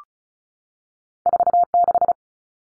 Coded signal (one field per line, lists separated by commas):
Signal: Morse code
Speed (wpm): 34 wpm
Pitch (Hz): 700 Hz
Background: none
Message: 46